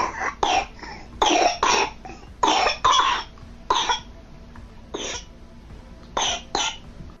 Dealing with RSV, and there's a great audio sound of the baby's cough. It's quite a chesty, mucousy sounding cough, but it's a frightening sound. Weirdly, it's a dry cough. It is a frightening cough because it's really persistent. So they keep coughing and they start to become breathless.